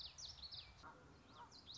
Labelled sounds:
Common Yellowthroat
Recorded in Sonoma County, California

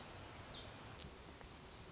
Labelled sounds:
Black-throated Gray Warbler
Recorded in Sonoma County, California

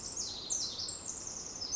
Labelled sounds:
Pacific Wren
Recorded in Sonoma County, California

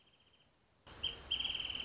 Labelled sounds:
Wrentit
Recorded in Sonoma County, California

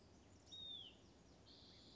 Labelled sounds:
Hutton's Vireo
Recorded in Sonoma County, California

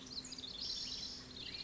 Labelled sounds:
Spotted Towhee
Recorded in Sonoma County, California

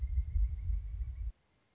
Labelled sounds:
Pileated Woodpecker
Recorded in Sonoma County, California

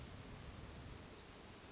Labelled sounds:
Hermit Thrush
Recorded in Sonoma County, California

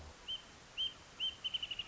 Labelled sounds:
Wrentit
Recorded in Sonoma County, California

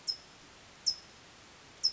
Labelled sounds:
California Towhee
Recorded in Sonoma County, California

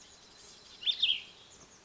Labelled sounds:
Cassin's Vireo
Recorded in Sonoma County, California

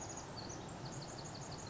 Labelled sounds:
Pacific Wren
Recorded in Sonoma County, California

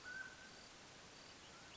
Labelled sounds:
Mountain Quail
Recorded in Sonoma County, California

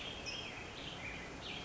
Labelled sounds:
California Towhee
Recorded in Sonoma County, California

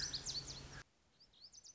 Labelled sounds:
Lazuli Bunting
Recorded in Sonoma County, California

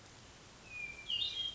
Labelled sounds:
Hermit Thrush
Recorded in Sonoma County, California

